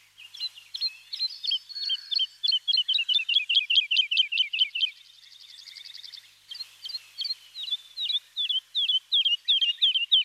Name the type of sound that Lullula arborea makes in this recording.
song